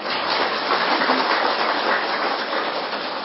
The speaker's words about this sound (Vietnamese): Thôi bây giờ mình vỗ tay cho mình có tinh thần vỗ tay đi.